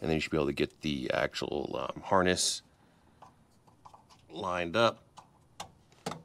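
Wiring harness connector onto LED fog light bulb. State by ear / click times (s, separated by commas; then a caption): seated / 5.6 s. Someone talks, then lines up the wiring harness connector and pushes it onto the back of a new LED fog light bulb on the passenger side under the bumper of a Nissan NV3500 van. A sharp tick-like snap at 5.6 s marks the connector seating, followed by a few smaller ticks.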